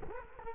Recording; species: mosquito wingbeat signal from an infrared sensor; Culex quinquefasciatus